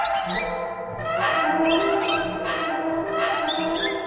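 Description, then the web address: Birds give continuous harmonic chattering notes, with a few harsh raspy squawks at irregular intervals. "soundfactory birds birds"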